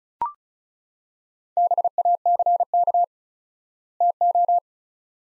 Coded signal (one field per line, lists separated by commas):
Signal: Morse code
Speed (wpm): 36 wpm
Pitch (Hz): 700 Hz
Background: none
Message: BACK TO